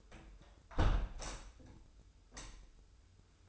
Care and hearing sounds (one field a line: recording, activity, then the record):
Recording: daily activity, microphone in the room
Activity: close window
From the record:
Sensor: 2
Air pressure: 995.7 hPa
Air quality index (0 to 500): 87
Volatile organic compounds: 4 ppm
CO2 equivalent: 1591 ppm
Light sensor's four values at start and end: 24/77/30/29 and 24/76/30/29